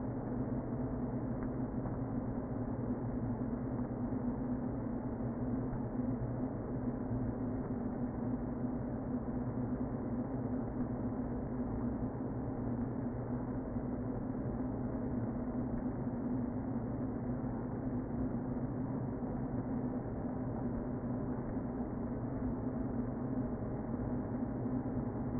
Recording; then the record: honeybee colony, microphone inside the hive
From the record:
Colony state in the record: queen present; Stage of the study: before two queens were removed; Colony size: about 60,000 bees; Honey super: yes